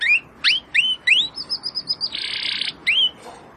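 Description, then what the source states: Domestic canary song: several rising whistled notes, a quick trill, a harsh buzzy burst, then one more upswept whistle. Belgian canary singing; labelled 'Campainha'.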